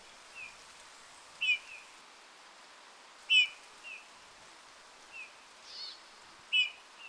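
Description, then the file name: Eurasian bullfinch giving soft, short piping calls every few seconds, with fainter notes between them. "Pyrrhula pyrrhula"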